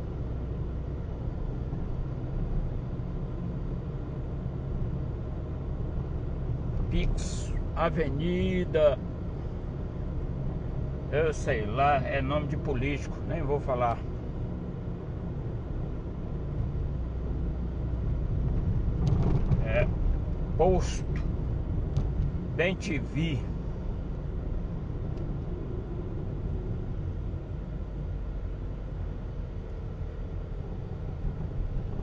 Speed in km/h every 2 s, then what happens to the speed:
49, 51, 53, 53, 51, 53, 52, 50, 46, 46, 44, 45, 39, 29, 26, 26.
0-11 steady at about 51. 11-16 slows to 46. 16-22 steady at about 45. 22-32 slows to 26.